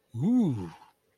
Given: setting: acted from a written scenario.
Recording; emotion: vocal sound without words; desire